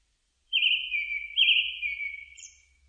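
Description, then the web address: Japanese thrush singing one loud whistled phrase of slurred notes that trails off in a thin, falling trill, with faint low rumble beneath. Recorded 4 May 2001. "2001 010504 kurotugumi"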